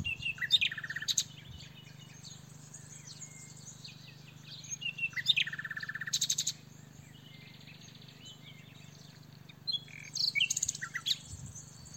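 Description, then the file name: Common nightingale song, varied phrases with rapid repeated notes and buzzy rattles between pauses, over a steady low hum. "Luscinia megarhynchos"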